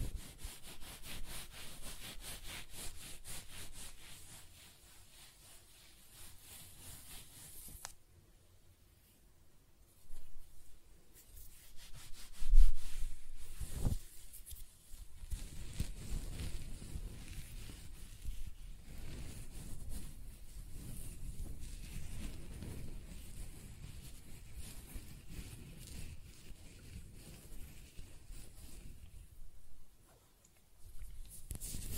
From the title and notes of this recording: ASMR Close-Up Hair Sounds - Scratching, Brushing, Stroking (No Talking).